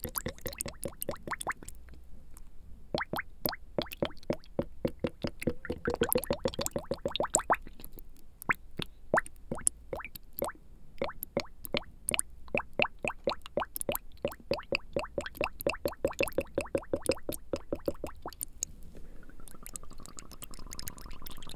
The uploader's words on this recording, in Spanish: Un ASMR a base de agua. Sonidos muy relajantes de gotas cayendo, pulverizadores de agua y más.